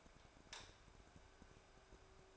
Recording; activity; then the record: daily activity, microphone in the room; light off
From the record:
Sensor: 2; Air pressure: 1010.0 hPa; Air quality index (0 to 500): 159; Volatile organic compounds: 7 ppm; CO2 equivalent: 1995 ppm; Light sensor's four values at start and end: 44/111/48/53 and 39/93/42/47